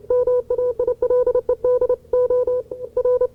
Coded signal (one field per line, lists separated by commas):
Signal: Morse code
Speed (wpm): 29 wpm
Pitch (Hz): 500 Hz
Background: none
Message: MAILED OR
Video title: QSO W6CUF 9Y4US (1970)